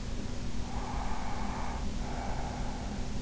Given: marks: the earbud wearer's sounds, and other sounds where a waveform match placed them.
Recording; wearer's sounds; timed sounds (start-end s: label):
sounds in sleep by an in-ear microphone; breath
0.52-3.15 s: breath